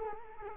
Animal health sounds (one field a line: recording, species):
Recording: mosquito wingbeat signal from an infrared sensor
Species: Culex quinquefasciatus